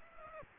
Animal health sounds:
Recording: mosquito wingbeat signal from an infrared sensor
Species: Aedes aegypti

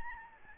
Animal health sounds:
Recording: mosquito wingbeat signal from an infrared sensor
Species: Aedes albopictus

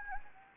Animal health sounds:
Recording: mosquito wingbeat signal from an infrared sensor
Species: Anopheles gambiae

